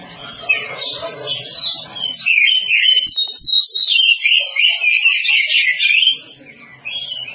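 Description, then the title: Oriental magpie-robin delivering a long, continuous run of varied high whistles and chattering warbles, fading near the end before a final short phrase. "Kacer"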